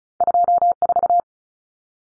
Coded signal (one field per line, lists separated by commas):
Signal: Morse code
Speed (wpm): 34 wpm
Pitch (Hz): 700 Hz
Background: none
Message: 24